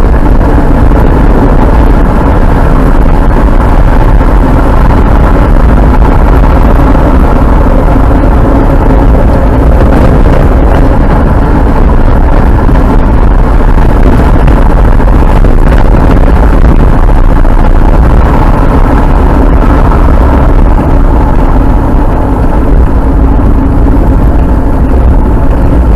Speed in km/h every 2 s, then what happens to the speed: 64, 71, 74, 69, 62, 65, 69, 72, 74, 67, 55, 49, 44.
0-3 speeds up to 74. 3-8 slows to 62. 8-16 speeds up to 74. 16-23 brakes to 44.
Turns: none.